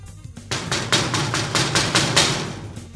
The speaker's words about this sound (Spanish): ¡Oh, llama a la puerta!